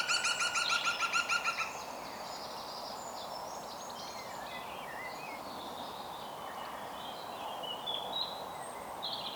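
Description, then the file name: European green woodpecker starts with a fast, even series of ringing laughing notes, followed by faint, varied notes of other birds over steady background hiss. "Groene Specht Picus viridis"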